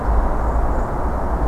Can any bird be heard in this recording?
yes